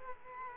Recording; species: mosquito wingbeat signal from an infrared sensor; Culex quinquefasciatus